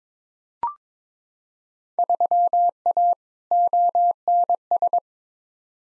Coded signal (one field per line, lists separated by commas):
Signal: Morse code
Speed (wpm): 22 wpm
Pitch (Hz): 700 Hz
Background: none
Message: 3A ONS